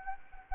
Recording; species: mosquito wingbeat signal from an infrared sensor; Anopheles gambiae